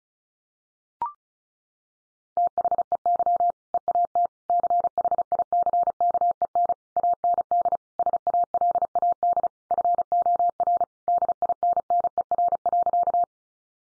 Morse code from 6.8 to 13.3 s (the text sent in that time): AND SALAD FOR DINNER.